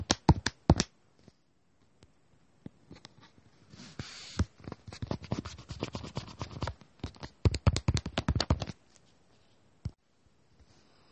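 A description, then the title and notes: Drawing and writing sounds: quick, uneven clusters of sharp pen or pencil scratches and taps, with a brief steady rub near four seconds and pauses between. Doing homework drawing and writing sounds. Lots of writing sounds.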